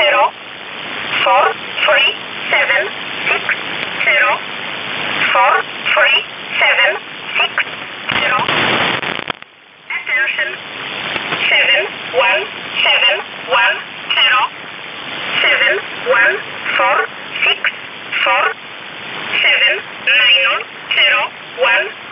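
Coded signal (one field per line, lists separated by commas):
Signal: numbers station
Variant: E11 Oblique, English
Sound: female-sounding voice reading short words evenly spaced, about two per second, over hiss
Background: radio static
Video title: 24 06 2019 E11 Oblique Numbers station in English 0457 on 7469 unknown tx site in USB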